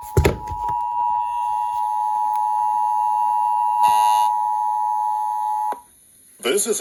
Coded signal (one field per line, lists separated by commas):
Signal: Emergency Alert System (SAME) tones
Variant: 853 and 960 Hz attention tone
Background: speech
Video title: Required Monthly Test on WFLS (93.3 FM) - EAS 359 (Check Desc.)